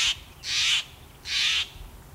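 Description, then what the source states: Steller's jay giving three loud, harsh, buzzy calls. Loud, raucous call of a common jay of the western states.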